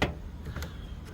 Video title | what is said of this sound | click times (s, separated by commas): How To Install A Backup Camera. 2013-18 Toyota Rav4. | Pop this guy in, | 0.0 s